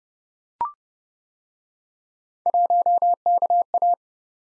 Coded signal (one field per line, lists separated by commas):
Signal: Morse code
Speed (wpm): 28 wpm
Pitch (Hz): 700 Hz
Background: none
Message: 1KA